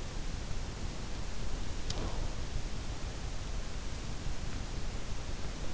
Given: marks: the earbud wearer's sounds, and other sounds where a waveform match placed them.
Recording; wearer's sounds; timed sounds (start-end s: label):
sounds in sleep by an in-ear microphone; breath
1.52-2.89 s: breath